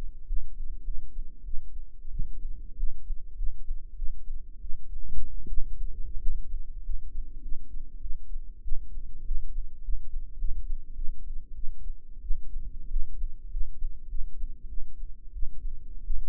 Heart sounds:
heart sounds by microphone in the right ear; 95 bpm
0.25 s: heartbeat
0.83 s: heartbeat
1.43 s: heartbeat
2.10 s: heartbeat
2.76 s: heartbeat
3.35 s: heartbeat
3.95 s: heartbeat
4.60 s: heartbeat
5.48 s: heartbeat
6.19 s: heartbeat
6.82 s: heartbeat
7.41 s: heartbeat
8.00 s: heartbeat
8.62 s: heartbeat
9.24 s: heartbeat
9.81 s: heartbeat
10.37 s: heartbeat
10.94 s: heartbeat
11.54 s: heartbeat
12.20 s: heartbeat
12.89 s: heartbeat
13.49 s: heartbeat
14.08 s: heartbeat
14.67 s: heartbeat
15.32 s: heartbeat
16.03 s: heartbeat
From the record:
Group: healthy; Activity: rest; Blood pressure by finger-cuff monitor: 128/90 mmHg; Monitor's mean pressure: 102 mmHg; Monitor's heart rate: 96 bpm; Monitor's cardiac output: 6.7 L/min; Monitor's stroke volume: 70 mL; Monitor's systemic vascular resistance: 1130 dyn s/cm5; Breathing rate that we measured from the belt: 18 breaths a minute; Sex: male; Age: 21 years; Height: 180 cm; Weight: 67.5 kg

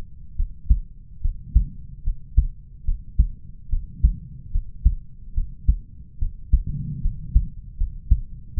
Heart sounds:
heart sounds by stethoscope; 73 bpm
0.35 s: heartbeat
1.21 s: heartbeat
2.03 s: heartbeat
2.84 s: heartbeat
3.69 s: heartbeat
4.51 s: heartbeat
5.34 s: heartbeat
6.18 s: heartbeat
7.01 s: heartbeat
7.77 s: heartbeat
8.54 s: heartbeat
From the record:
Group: healthy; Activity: rest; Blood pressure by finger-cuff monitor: 95/75 mmHg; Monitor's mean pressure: 81 mmHg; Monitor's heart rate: 72 bpm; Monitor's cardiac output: 4.8 L/min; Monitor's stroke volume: 67 mL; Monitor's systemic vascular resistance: 1210 dyn s/cm5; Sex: male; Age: 20 years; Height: 187 cm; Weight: 68.9 kg

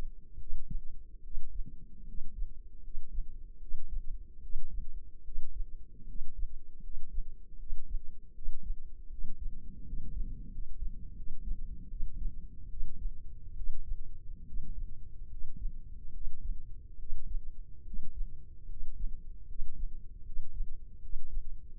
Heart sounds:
heart sounds by microphone in the left ear; 76 bpm
0.36 s: heartbeat
1.20 s: heartbeat
2.03 s: heartbeat
2.80 s: heartbeat
3.57 s: heartbeat
4.39 s: heartbeat
5.21 s: heartbeat
6.04 s: heartbeat
6.79 s: heartbeat
7.56 s: heartbeat
8.31 s: heartbeat
9.07 s: heartbeat
9.82 s: heartbeat
10.48 s: heartbeat
11.13 s: heartbeat
11.87 s: heartbeat
12.67 s: heartbeat
13.53 s: heartbeat
14.43 s: heartbeat
15.27 s: heartbeat
16.10 s: heartbeat
16.96 s: heartbeat
17.82 s: heartbeat
18.66 s: heartbeat
19.45 s: heartbeat
20.22 s: heartbeat
20.99 s: heartbeat
21.75 s: heartbeat
From the record:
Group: healthy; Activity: rest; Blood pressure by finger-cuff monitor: 112/68 mmHg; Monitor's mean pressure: 79 mmHg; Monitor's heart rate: 74 bpm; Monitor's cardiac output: 5.3 L/min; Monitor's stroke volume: 70 mL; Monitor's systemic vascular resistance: 1100 dyn s/cm5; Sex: male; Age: 20 years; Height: 167 cm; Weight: 61 kg

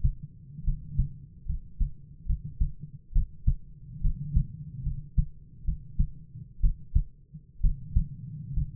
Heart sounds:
heart sounds by stethoscope; 68 bpm
0.63 s: heartbeat
1.45 s: heartbeat
2.25 s: heartbeat
3.12 s: heartbeat
4.00 s: heartbeat
4.82 s: heartbeat
5.64 s: heartbeat
6.60 s: heartbeat
7.60 s: heartbeat
8.53 s: heartbeat
From the record:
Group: healthy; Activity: rest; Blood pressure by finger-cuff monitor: 105/55 mmHg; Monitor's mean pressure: 66 mmHg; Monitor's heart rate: 67 bpm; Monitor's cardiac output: 7.5 L/min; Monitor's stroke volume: 108 mL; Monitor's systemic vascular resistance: 590 dyn s/cm5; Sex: male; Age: 22 years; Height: 185 cm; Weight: 112.4 kg

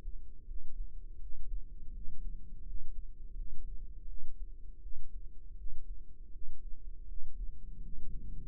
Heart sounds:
heart sounds by microphone in the right ear; 82 bpm
0.45 s: heartbeat
1.18 s: heartbeat
1.91 s: heartbeat
2.63 s: heartbeat
3.34 s: heartbeat
4.06 s: heartbeat
4.79 s: heartbeat
5.54 s: heartbeat
6.30 s: heartbeat
7.05 s: heartbeat
7.80 s: heartbeat
From the record:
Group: healthy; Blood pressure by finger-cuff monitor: 114/69 mmHg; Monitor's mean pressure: 82 mmHg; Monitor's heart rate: 82 bpm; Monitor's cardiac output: 7.7 L/min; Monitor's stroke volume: 94 mL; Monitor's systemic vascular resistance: 780 dyn s/cm5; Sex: male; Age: 33 years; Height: 179 cm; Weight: 80.4 kg

